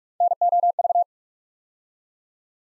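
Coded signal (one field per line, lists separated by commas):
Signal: Morse code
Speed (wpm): 44 wpm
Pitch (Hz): 700 Hz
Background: none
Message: NOV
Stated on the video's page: Morse Code Ninja "Build A Word" practice: 8-letter words built up three letters at a time, sent at 45 wpm for instant character recognition.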